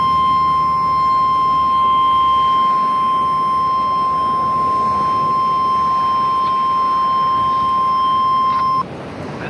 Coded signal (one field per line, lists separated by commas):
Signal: Emergency Alert System (SAME) tones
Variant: 1050 Hz attention tone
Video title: (EAS) Required Weekly Test (KEC43 Anchorage Alaska)